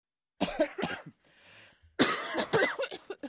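Two clusters of harsh, explosive adult coughs, about three bursts in the first and a longer run in the second, separated by a quiet breath in. A plain cough sound effect.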